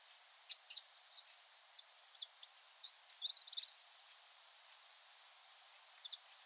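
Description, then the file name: Eurasian wren song: a rapid, jumbled run of very high, sharp notes and short trills lasting about three seconds, then a fresh burst begins after a brief pause. "Troglodytes troglodytes"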